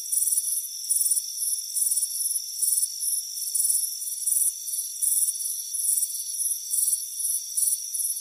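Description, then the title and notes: Crickets chirp in bright high bursts above a continuous high-pitched insect hum. Crickets chirping on a warm afternoon on a front porch. "Soothing Crickets Chirping Sound. It's a warm afternoon as you relax in a hammock on the front porch. Relax and fall asleep to the soothing sound of chirping crickets. Deep Sleep Sounds"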